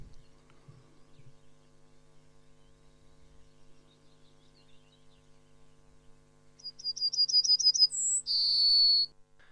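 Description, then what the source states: Yellowhammer song: a quick run of several thin, high, repeated notes, then a brief higher note and a long drawn-out final note, after mostly quiet seconds with faint hum. Song likened to counting one to seven; the bird sometimes counts a little wrong.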